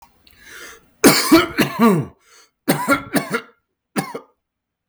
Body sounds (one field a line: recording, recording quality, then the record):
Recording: heavy voluntary cough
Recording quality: excellent, no background noise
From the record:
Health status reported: exposed to COVID-19, no respiratory illness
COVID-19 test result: negative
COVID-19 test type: rapid antigen test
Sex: male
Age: 31 years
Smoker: yes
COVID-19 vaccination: both doses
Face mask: not worn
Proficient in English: yes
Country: Canada